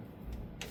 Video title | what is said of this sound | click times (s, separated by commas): Finally done, 1997 Jeep Wrangler Rear Axle Overhaul dana 44 #jeep #dana | give it a go until we get a click. | 0.6 s